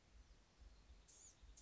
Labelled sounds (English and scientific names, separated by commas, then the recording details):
Blue-gray Gnatcatcher (Polioptila caerulea)
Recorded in Sonoma County, California